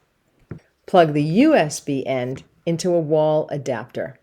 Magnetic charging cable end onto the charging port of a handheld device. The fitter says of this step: It should click into place.